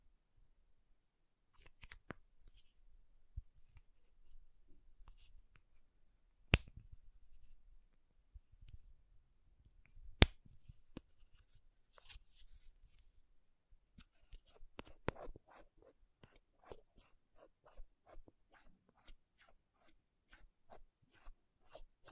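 Sparse taps and scratches on makeup items, each a short sharp click with bursts of soft rasping and rubbing between them. A few louder taps land near 6 and 10 seconds, and from about 14 seconds the tapping turns quicker and more regular until the end.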